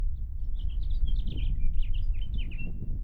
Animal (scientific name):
Haemorhous mexicanus